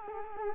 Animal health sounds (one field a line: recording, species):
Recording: mosquito wingbeat signal from an infrared sensor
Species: Culex quinquefasciatus